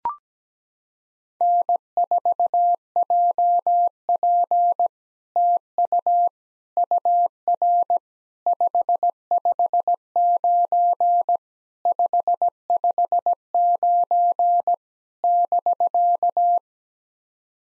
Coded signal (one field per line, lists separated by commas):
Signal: Morse code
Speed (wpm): 17 wpm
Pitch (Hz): 700 Hz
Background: none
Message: N4JP TU UR 559 559 <BK>